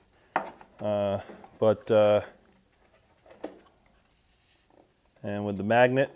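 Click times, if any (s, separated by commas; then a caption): none. Someone talks while fitting a magnet-held balsa hatch one-handed onto the fuselage of an RC model airplane, with a sharp handling knock near 0.4 s and a faint tap near 3.5 s between the phrases. The clip ends before the hatch goes home, so nothing has seated or clicked yet; the hatch still needs a little sanding to fit better.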